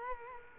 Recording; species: mosquito wingbeat signal from an infrared sensor; Culex quinquefasciatus